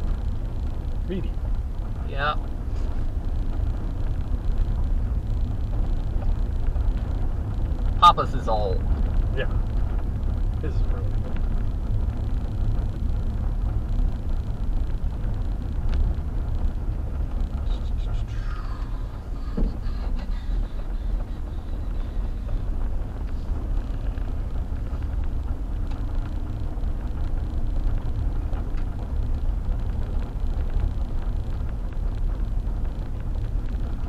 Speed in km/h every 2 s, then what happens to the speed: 16, 18, 19, 19, 24, 24, 26, 24, 23, 18, 16, 19, 23, 24, 24, 23, 23.
0-11 speeds up to 26. 11-19 slows to 16. 19-26 speeds up to 24. 26-34 steady at about 23.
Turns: 19-22.